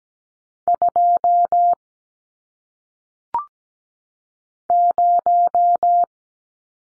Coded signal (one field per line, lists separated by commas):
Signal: Morse code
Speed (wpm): 17 wpm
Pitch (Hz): 700 Hz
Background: none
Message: 2 0